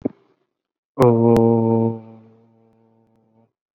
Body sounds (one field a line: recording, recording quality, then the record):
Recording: sustained vowel as in boot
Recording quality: excellent, no background noise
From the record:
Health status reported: exposed to COVID-19, no respiratory illness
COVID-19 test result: negative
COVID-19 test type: RT-PCR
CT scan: not taken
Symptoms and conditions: none ticked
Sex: male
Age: 22 years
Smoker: no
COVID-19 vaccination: one dose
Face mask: worn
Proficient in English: yes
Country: India